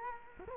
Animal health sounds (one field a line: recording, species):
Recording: mosquito wingbeat signal from an infrared sensor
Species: Culex quinquefasciatus